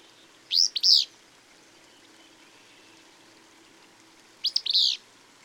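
Bird song: two quick high chirped phrases, each a cluster of sharp rising and falling notes, about four seconds apart, with soft hiss beneath.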